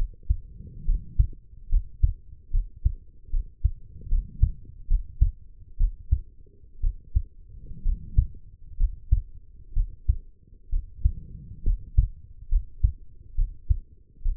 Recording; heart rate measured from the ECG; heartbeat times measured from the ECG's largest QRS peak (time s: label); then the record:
heart sounds by stethoscope; 67 bpm
0.85 s: heartbeat
1.69 s: heartbeat
2.51 s: heartbeat
3.30 s: heartbeat
4.08 s: heartbeat
4.87 s: heartbeat
5.77 s: heartbeat
6.80 s: heartbeat
7.82 s: heartbeat
8.77 s: heartbeat
9.73 s: heartbeat
10.69 s: heartbeat
11.63 s: heartbeat
12.49 s: heartbeat
13.35 s: heartbeat
14.22 s: heartbeat
From the record:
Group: healthy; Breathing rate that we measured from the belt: 17 breaths a minute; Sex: female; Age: 23 years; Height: 160 cm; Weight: 50.4 kg